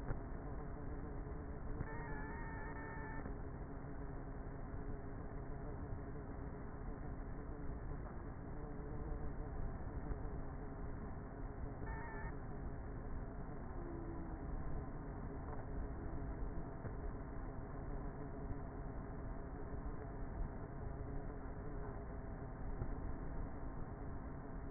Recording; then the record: honeybee colony, microphone inside the hive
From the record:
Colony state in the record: queenless with a low population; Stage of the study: before two queens were removed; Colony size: about 30,000 bees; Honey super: no